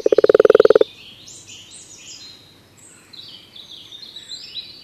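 Common toad croak: a short, quick series of low pulses, followed by soft chirping birdsong in the background.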